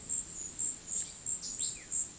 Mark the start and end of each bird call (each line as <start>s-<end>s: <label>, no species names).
0.88s-1.98s: bird call